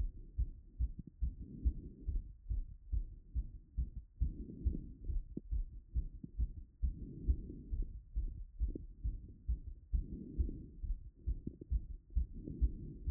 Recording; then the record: heart sounds by stethoscope after running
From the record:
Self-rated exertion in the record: light exertion (2 of 6); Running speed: 6 mph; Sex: female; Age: 23 years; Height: 163 cm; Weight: 70 kg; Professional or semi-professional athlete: no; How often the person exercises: 1 to 2 times a week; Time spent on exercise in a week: 1 to 2 hours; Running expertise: no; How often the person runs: 1 to 2 times a week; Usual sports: running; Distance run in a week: 7 km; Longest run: 7 km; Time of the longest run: 50 minutes